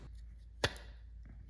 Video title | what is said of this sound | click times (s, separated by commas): How to replace fuel pump and filter on a Lexus GS 300, IS 300 | along with the new fuel pump we just assembled push the fuel pump for firmly into the filter until it snaps into place | 0.6 s